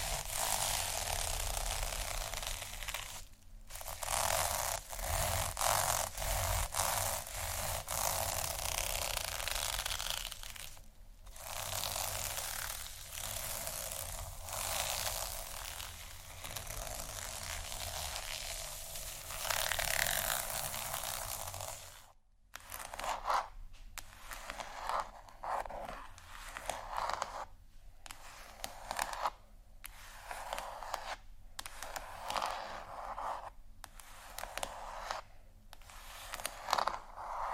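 Scratching sounds fill the clip, a dense, gritty rasp that runs steadily for the first twenty seconds with a few brief pauses. Near the 22-second mark it cuts out, then returns in shorter, choppier bursts separated by quick gaps, with some sharper, louder strokes toward the end.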